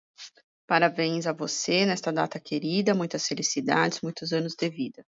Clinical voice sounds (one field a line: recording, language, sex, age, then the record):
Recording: short text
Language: Brazilian Portuguese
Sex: female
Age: 40 to 49 years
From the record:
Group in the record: control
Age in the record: 45 years